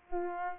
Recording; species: mosquito wingbeat signal from an infrared sensor; Culex pipiens